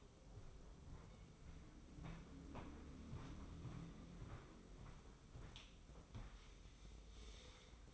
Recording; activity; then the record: daily activity, microphone in the room; walk to room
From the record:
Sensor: 1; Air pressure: 995.5 hPa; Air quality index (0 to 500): 37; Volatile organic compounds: 1 ppm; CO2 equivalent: 625 ppm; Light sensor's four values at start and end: 30/105/40/41 and 29/101/39/40